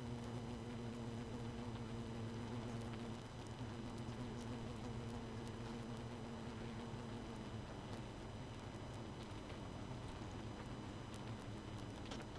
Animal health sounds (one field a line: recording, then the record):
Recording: honeybee colony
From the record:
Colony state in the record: missing queen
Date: 31 May 2018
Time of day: 22:30